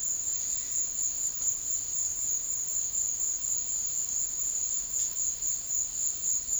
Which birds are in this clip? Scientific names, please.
none